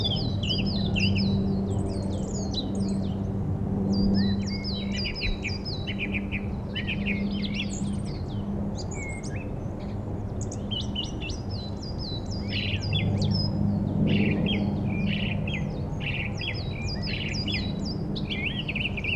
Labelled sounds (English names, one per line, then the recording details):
Song Thrush song
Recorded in the wild
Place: Garmisch-Partenkirchen, Bayern, DE
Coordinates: 47.5053, 11.0797
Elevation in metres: 778
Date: 1980-03-28
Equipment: Uher 4000 Report, Sennheiser MKH 815 T
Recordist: Tretzel, Erwin